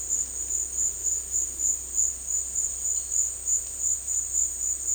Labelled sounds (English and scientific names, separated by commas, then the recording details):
none
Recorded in dense forest near Puerto Asís, Putumayo, Colombia, on 18 February 2024 at 13:00
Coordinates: 0.485, -76.318
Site G6408